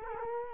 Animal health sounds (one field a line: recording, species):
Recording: mosquito wingbeat signal from an infrared sensor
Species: Culex quinquefasciatus